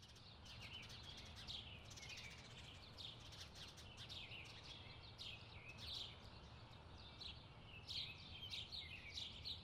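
Bird chirps, quick bright high notes in irregular bursts throughout, over a steady low background hum.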